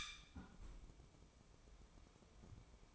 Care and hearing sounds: daily activity, microphone in the room; close fridge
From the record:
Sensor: 1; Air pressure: 1007.9 hPa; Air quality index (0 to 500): 99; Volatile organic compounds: 1 ppm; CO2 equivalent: 842 ppm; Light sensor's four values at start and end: 13/30/12/14 and 13/30/12/14

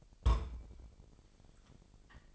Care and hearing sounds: daily activity, microphone in the room; place on stove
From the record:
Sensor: 5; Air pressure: 999.5 hPa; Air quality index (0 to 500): 219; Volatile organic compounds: 20 ppm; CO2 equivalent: 2676 ppm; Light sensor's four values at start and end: 30/68/28/27 and 30/68/28/27

